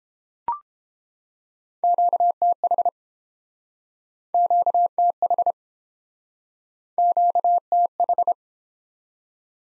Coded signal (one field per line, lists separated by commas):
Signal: Morse code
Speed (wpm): 32 wpm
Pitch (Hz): 700 Hz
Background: none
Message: QTH QTH QTH